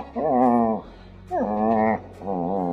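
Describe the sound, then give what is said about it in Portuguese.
A dog whimpers in three drawn-out, wavering whines, each rising and falling in pitch with short pauses between, fairly loud and with no talking over it. “O cachorro sentimental.”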